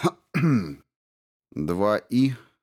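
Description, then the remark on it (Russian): A person clears their throat in a few short, voiced rasps, as the story character Stevens clears his throat: a quick catch, a longer grumble, a pause, then two more gruff bursts close together. “Стивенс откашлялся.”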